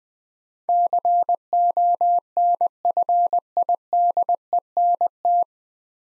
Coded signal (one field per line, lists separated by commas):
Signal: Morse code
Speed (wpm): 20 wpm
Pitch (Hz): 700 Hz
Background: none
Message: CONFIDENT